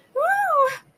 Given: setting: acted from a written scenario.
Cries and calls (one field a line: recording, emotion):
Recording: vocal sound without words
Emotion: relief